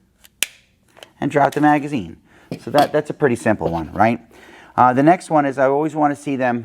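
A pistol magazine is reinserted into the pistol magwell after being dropped and latches with a sharp, loud click at 0.4 s, after a faint tap just before and a few soft handling sounds around 0.9–1.0 s. Someone then talks for the rest of the clip, and the magazine is seated.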